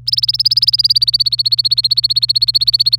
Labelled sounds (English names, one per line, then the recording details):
Domestic Canary song
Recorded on 26 April 2018 at 10:14
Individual llb3